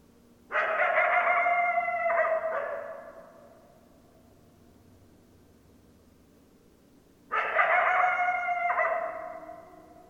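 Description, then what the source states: Coyote calls: two harsh, harmonic bursts, each starting abruptly and fading over a couple of seconds, separated by several seconds of quiet. Recorded 10 December 2012; more than one coyote.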